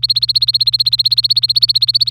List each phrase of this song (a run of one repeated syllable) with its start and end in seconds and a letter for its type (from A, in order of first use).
0.00-2.10 A